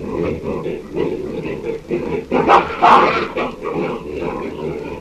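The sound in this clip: Hamadryas baboon barks and grunts, rough dog-like calls repeated unevenly, with a louder burst near the middle.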